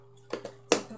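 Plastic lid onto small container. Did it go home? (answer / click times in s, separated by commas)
yes / 0.7 s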